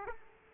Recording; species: mosquito wingbeat signal from an infrared sensor; Aedes aegypti